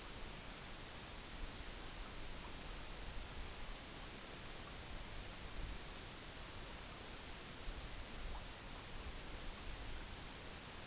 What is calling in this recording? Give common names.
none